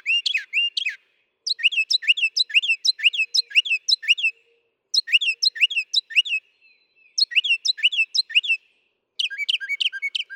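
Northern mockingbird singing varied phrases, each a quick run of repeated high chirps and trills, switching to a different note type after short pauses.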